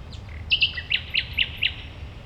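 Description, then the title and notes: Common nightingale song phrase: a few short notes, then a rhythmic series of loud, evenly spaced chirping notes. Singing at a playground on Gartenstraße, Mitte, Berlin, Germany. "Mitte, Berlin, Germany - nachtigall in der gartenstraße. eine nachtigall am spielplatz gartenstraße, a nightingale at playground, gartenstraße"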